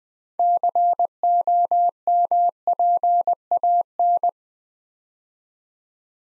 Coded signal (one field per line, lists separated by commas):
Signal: Morse code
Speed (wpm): 20 wpm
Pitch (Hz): 700 Hz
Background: none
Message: COMPAN